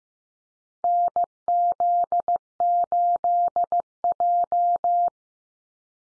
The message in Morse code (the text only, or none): NZ8J